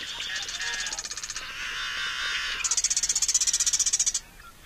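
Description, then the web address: Marsh Wren song: a long, continuous, buzzy rattle that shifts pitch partway through and ends in a very fast, high, mechanical trill. Common western species of North America. "Songs of Birds of North America Know Your Bird Sounds. Marsh Wren"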